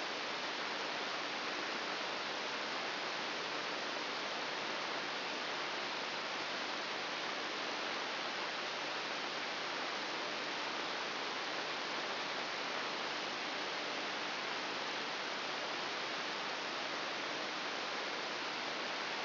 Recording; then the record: brain microelectrode recording played as sound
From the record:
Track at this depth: inside the subthalamic nucleus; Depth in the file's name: 1.407 mm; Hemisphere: right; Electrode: 3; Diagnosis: Parkinson's disease